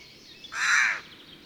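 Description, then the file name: Eurasian jay uttering a single harsh, noisy screech lasting about half a second. Recorded 17 May 1993. "Garrulus glandarius 170593"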